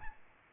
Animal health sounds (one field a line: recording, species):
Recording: mosquito wingbeat signal from an infrared sensor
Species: Aedes albopictus